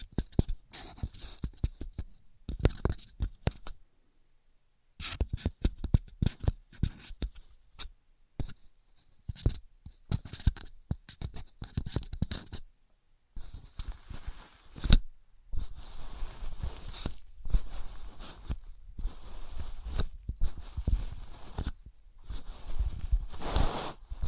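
Bursts of sharp clicks, taps and scraping from objects like wood, cork, glass and plastic, broken by short silences, turning into longer hissy rubbing after fifteen seconds.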